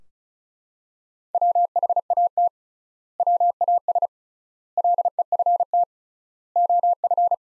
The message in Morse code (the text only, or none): WHAT WAS LEFT OF